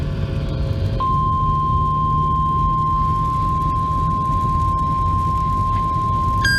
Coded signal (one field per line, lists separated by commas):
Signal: Emergency Alert System (SAME) tones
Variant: 1050 Hz attention tone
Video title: South Dakota mocks Tennessee... AGAIN... EAS Alerts from 11/4/20-11/25/20 (EAS #405-410)